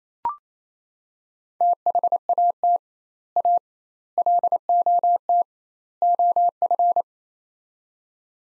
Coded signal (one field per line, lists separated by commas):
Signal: Morse code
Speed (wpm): 28 wpm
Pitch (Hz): 700 Hz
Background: none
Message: THAT A LOT OF